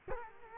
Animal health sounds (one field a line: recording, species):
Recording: mosquito wingbeat signal from an infrared sensor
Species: Culex quinquefasciatus